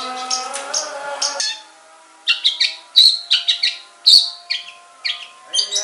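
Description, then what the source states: Long-tailed shrike song, with a steady humming tone under scratchy notes at first, then a pause and sharp chirps and whistled squeaks. Banyuwangi and Madura types of cendet.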